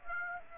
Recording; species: mosquito wingbeat signal from an infrared sensor; Aedes aegypti